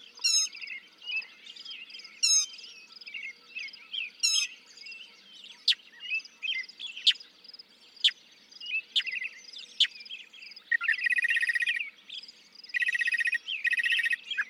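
Northern mockingbird song: sharp descending notes, sweeping whistles and chatters that shift from phrase to phrase, ending with two loud buzzy rattling phrases.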